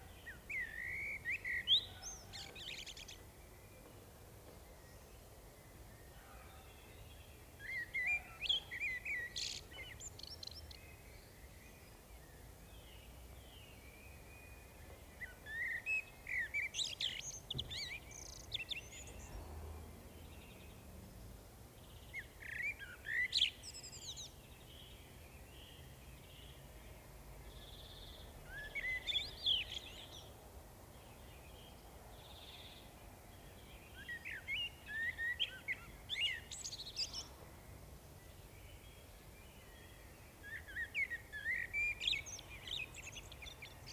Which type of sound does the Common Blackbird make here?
song